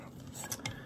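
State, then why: Seated. A metal-rimmed shotgun shell is pressed into a rigid carbon shell caddy, giving two short metallic clicks at 0.5 s and 0.7 s. The shell snaps into place and is physically held by the caddy, unlike spring-pressure caddies.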